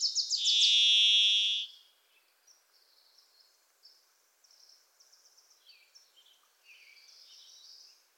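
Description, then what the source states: Varied thrush song, a long level buzzy whistle overlapping a brief chattering burst, then faint scattered bird notes in quiet surroundings. Pacific Northwest forest; a Wilson's Warbler sings alongside; unmastered recording.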